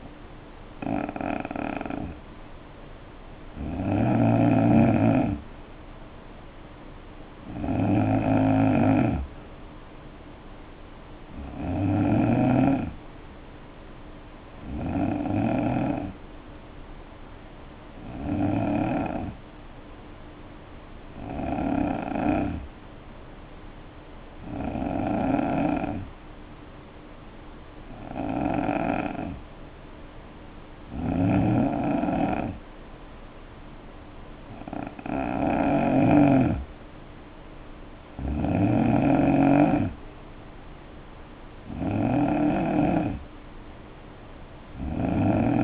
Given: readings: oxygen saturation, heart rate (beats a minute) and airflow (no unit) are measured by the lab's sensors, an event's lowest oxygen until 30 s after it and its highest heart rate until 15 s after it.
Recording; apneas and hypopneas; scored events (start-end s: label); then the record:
breathing in sleep by a voice recorder at the bedside; 1
21.00-36.10 s: hypopnea (N2, oxygen 93% highest, then 89% lowest, heart rate 60 at the start, 68 highest)
From the record:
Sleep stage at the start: N2 (light sleep); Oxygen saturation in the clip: 89 to 93%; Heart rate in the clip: 59 to 68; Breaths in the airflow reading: 13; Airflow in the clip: -7.1 to 3.3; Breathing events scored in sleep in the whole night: 520 in 7.2 hours asleep